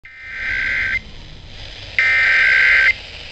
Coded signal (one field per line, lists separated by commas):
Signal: Emergency Alert System (SAME) tones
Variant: header bursts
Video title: Indiana eas test on U93 (WNDV)